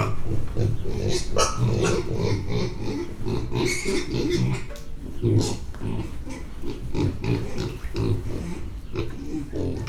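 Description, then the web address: Mangalica pig grunting: a dense, busy stream of low, rough grunts, overlapping and continuous with shuffling noise. Mangalica breed, 10-week-old piglets, grunting, Hortobágy National Park, 1 April 2013. "allathangok hortobagyinemzetipark 2013. mangalica 10 hetesek roffentgetnek 2013 aprilis 01"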